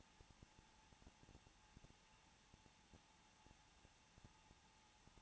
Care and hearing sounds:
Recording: daily activity, microphone in the room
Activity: no activity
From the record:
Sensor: 1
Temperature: 20.2 degrees Celsius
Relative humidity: 35.7%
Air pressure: 994.5 hPa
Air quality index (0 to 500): 182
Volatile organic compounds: 7 ppm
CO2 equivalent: 1999 ppm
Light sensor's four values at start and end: 1/2/1/1 and 1/2/1/1

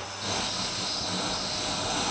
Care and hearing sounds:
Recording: daily activity, microphone in the room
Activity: vacuum cleaning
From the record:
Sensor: 2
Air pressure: 999.1 hPa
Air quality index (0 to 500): 202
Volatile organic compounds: 31 ppm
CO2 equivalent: 2983 ppm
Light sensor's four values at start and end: 6/14/5/6 and 6/14/5/6

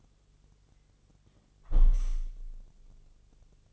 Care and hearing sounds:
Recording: daily activity, microphone in the room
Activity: close window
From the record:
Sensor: 4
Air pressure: 1001.2 hPa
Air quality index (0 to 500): 169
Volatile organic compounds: 2 ppm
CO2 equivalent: 1210 ppm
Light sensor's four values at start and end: 13/29/12/13 and 13/29/12/13

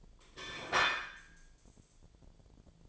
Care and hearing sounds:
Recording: daily activity, microphone in the room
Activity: place plate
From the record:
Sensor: 5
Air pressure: 1009.5 hPa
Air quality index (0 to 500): 166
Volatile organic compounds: 4 ppm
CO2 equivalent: 1611 ppm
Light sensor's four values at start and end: 98/260/106/112 and 98/259/106/112

